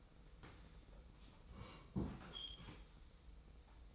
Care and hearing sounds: daily activity, microphone in the room; sit down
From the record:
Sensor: 1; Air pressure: 990.5 hPa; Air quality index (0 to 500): 153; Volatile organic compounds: 1000 ppm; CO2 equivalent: 5557 ppm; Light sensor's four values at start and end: 31/72/31/34 and 31/73/31/34

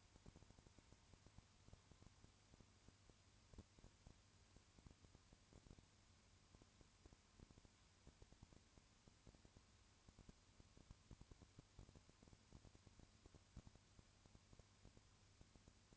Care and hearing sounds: daily activity, microphone in the room; no activity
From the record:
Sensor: 2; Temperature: 20.3 degrees Celsius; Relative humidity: 35.6%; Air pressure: 1001.0 hPa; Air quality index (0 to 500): 196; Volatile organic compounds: 5 ppm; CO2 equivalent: 1733 ppm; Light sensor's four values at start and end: 2/3/2/2 and 2/3/2/2

